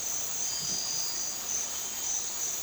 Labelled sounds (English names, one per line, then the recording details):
none
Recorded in dense forest near Puerto Asís, Putumayo, Colombia, on 20 December 2024 at 03:30
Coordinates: 0.467, -76.328
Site GP05